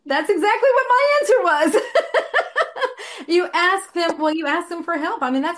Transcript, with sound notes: That's exactly what my answer was. (laughs) You ask them. Well, you ask them for help.